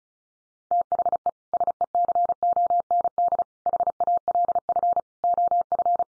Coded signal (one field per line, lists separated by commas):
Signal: Morse code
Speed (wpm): 34 wpm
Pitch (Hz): 700 Hz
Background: none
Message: THE SECOND HALF OF